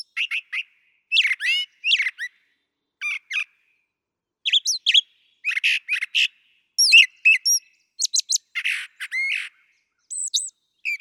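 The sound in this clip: Brown thrasher singing a long string of varied short phrases, often doubled, with rich chirps, slurred notes and raspy bursts between brief silences.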